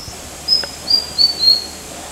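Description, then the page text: White-throated fantail with four clear, high, thin whistles that step downward, each note short and separated by brief pauses. Recorded at the headquarters of Kinabalu Park, Borneo, on 14 August 2009. "Sound of White-throated Fantail at HQ, Kinabalu Park by NELSON, Mike"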